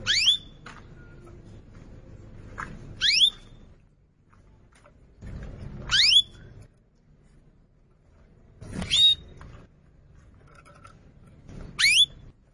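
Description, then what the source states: Atlantic canary song phrases: quick high sweeping whistles repeated about every three seconds, with soft low rumbling noise between them. Canary song used to lure new birds.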